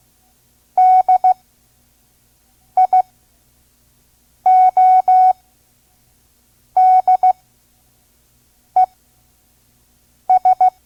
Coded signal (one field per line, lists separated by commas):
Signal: Morse code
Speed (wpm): 16 wpm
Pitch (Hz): 740 Hz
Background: none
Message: DIODES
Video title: Morse Code course, Listen and Learn Part 2 (5 words per minute), Vintage ARRL Course for Radio Hams